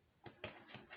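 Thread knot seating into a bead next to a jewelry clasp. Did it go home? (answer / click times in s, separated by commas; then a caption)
yes / 0.4 s. A thread knot is pulled through the beads beside a jewelry clasp and seats into a bead with a sharp click at 0.4 seconds. Softer taps and rustles come just before and after it.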